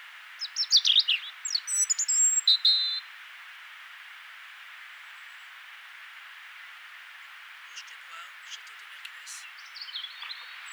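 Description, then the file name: European robin song: a quick burst of thin, high, varied whistles and twittering notes over about two seconds, then quiet with a few faint high phrases near the end. "Erithacus rubecula"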